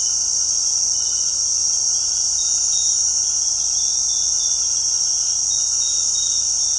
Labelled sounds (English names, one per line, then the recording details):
none
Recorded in secondary vegetation near Puerto Asís, Putumayo, Colombia, on 21 February 2024 at 18:30
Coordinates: 0.489, -76.322
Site G6419